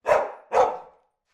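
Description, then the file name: Labrador retriever giving two deep, full barks about half a second apart, each fading out quickly. Labrador retriever barking indoors. "dog labrador barking internal"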